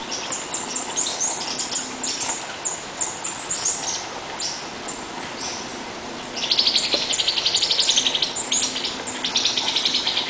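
Bird calls: a dense, busy chorus of high, rapid chirps and twitters, swelling into a louder, fuller burst of chattering partway through.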